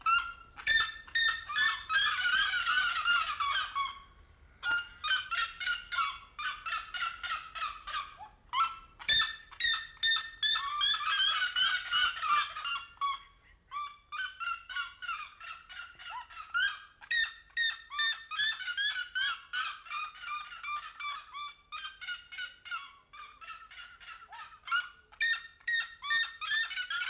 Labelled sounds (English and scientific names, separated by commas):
Red-legged Seriema (Cariama cristata) call